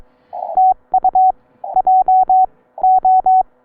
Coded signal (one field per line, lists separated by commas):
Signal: Morse code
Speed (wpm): 22 wpm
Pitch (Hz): 750 Hz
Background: none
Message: TU J O